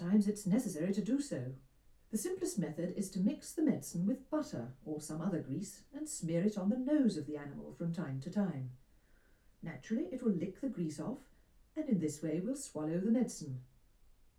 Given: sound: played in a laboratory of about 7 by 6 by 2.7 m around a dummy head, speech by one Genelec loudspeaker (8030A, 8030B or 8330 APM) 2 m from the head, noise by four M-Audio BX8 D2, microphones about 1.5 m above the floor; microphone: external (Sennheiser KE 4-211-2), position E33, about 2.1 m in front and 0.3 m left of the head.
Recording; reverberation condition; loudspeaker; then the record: female speech in English; low; 90 degrees to the right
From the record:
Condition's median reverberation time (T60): about 310 ms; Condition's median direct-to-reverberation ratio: about 3.5 dB